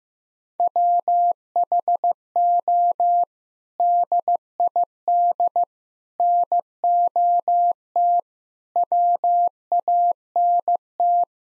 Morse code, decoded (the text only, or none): WHO DID NOT WANT